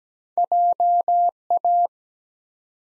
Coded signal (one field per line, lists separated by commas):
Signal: Morse code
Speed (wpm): 17 wpm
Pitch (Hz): 700 Hz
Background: none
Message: JA